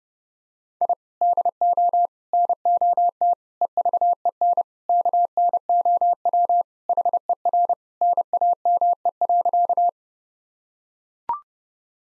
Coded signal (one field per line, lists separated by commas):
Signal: Morse code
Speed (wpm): 30 wpm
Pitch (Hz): 700 Hz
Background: none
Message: I DO NOT EVEN KNOW HER NAME.